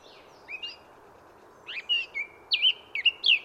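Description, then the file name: Eurasian blackcap song made of clear, fluty whistled notes, some rising and some falling, delivered in short bursts over a steady low background rumble. "Sylvia atricapilla"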